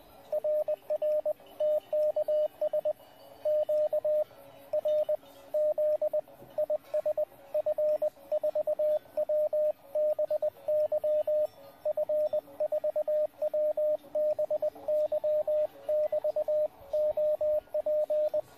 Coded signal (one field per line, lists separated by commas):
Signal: Morse code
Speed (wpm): 22 wpm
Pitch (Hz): 610 Hz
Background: radio noise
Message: RR TKS QRZ IS F4WBY F4WBY <BT> OP